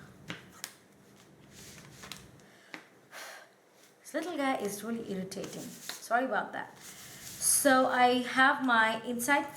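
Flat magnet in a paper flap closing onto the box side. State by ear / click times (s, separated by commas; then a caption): seated / 0.3 s, 0.6 s, 2.1 s, 2.7 s. Thin flat magnets in the paper flaps of a cardstock explosion box pull together as the flaps are closed onto the box side, snapping shut with sharp clicks at 0.3, 0.6, 2.1 and 2.7 seconds. Someone then talks, and the flaps are seated closed.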